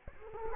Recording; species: mosquito wingbeat signal from an infrared sensor; Culex quinquefasciatus